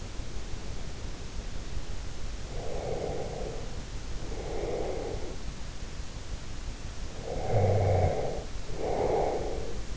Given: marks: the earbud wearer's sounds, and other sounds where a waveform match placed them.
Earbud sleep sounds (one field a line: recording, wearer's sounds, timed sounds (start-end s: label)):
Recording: sounds in sleep by an in-ear microphone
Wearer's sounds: breath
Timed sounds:
2.46-5.49 s: breath
7.11-9.97 s: breath